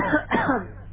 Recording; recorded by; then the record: voluntary cough; telephone call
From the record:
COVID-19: positive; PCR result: self-reported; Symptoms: no